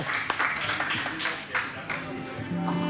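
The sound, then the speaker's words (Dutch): An audience claps steadily, a dense crackle of many hands that keeps going throughout, with a voice briefly rising above the applause near the end. “En mag ik een keer een groot applaus”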